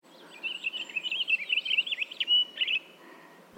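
Pine Grosbeak singing a continuous, rich warbled phrase of rapid rising and falling notes lasting about two and a half seconds over a quiet hiss.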